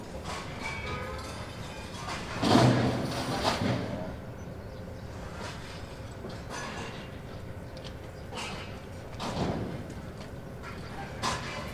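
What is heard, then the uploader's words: Metal is loaded at a salvage yard, with sharp clanks and scraping crashes at about 2.5, 3.5, 6.5, 9.5 and 11.5 seconds, the one near 2.5 seconds the loudest. A steady low machine rumble runs underneath throughout, and the yard sounds fairly open. Metal salvage depot.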